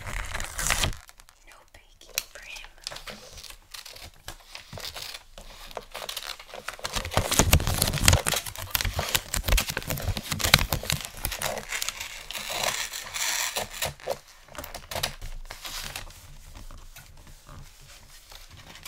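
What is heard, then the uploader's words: Christmas gift wrapping: paper crinkles and rustles in dense, irregular bursts, busiest from about 6 to 11 seconds with loud crackling peaks. Bright, crisp texture with short tearing-like rips, then quieter scattered handling and pauses toward the end. Xmas Gift Wrapping Intense Crinkle, Tape, Scissors Sounds.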